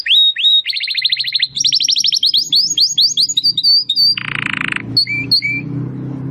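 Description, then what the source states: Domestic canary singing fast repeated trills that climb into sweeping notes, then a dense buzzy rattle and a few separate whistles, with a faint low hum beneath. Belgian canary singing; labelled 'Campainha'.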